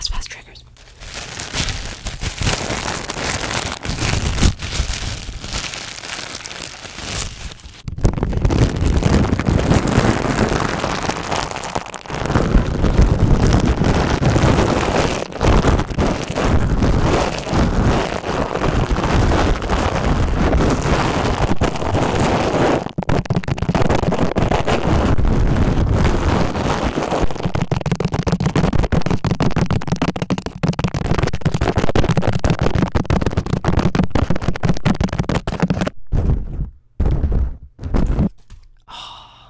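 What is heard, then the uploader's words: Fast, aggressive triggers with heavy contact against the microphone, a dense, loud rush of scratching, rubbing and thumping that barely lets up for most of the clip. Brief gaps fall near 8 and 12 seconds, and the sound stutters into short bursts and silences after about 36 seconds. ASMR very intense fast & aggressive triggers (lots of mic contact).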